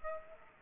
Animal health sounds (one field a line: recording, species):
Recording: mosquito wingbeat signal from an infrared sensor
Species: Aedes aegypti